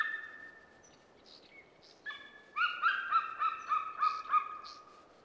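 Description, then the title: Golden Eagle yelps begin halfway through after a quieter stretch, about seven sharp notes in quick succession. "Maakotka"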